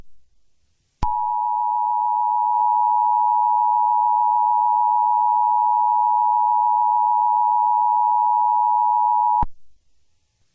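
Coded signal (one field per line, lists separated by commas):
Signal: Emergency Alert System (SAME) tones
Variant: 853 and 960 Hz attention tone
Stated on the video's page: Fictional EAS scenario.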